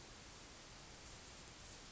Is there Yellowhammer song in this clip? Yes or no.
no